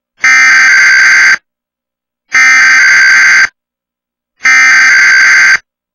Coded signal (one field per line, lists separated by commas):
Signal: Emergency Alert System (SAME) tones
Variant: header bursts